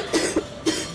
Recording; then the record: coughing mixed with background sound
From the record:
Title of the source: 55 gaggy wet cough